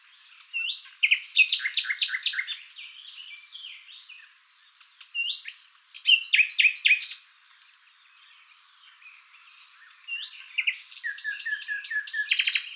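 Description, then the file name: Common nightingale singing three phrases of loud, rapidly repeated notes mixed with whistles, with quieter warbling in the gaps. "Luscinia megarhynchos"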